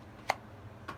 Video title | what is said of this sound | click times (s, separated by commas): Basic Retention n gun belt video | even though it only has a little bit of retention if you listen it still clicks in place | 0.3 s